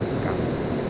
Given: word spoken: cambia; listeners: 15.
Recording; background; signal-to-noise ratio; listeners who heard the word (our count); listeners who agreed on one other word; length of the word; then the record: one Spanish word in noise, from a listening test; speech-shaped noise; -6.5 dB; 0 of 15; 6 of 15; 0.50 s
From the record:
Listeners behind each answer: 6, 3, 3, 1, 1, 1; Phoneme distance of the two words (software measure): 14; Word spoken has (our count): 2 syllables, 6 phonemes, stress on syllable 1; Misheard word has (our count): 2 syllables, 4 phonemes, stress on syllable 1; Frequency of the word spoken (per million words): 27.08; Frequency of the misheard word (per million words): 100.47